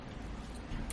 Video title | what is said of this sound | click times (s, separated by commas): Everything You Need To Make Lipgloss- Beginner Friendly- How To Make Lipgloss | going to push it down like so until you hear it click. | 0.9 s